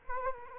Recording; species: mosquito wingbeat signal from an infrared sensor; Culex quinquefasciatus